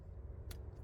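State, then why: Seated. A phone mount is held against the car screen bracket and then locked in place. Over a steady low rumble, a single sharp click is heard at 0.5 seconds as the mount seats.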